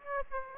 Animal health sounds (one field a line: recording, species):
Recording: mosquito wingbeat signal from an infrared sensor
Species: Aedes aegypti